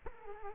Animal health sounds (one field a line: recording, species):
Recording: mosquito wingbeat signal from an infrared sensor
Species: Culex quinquefasciatus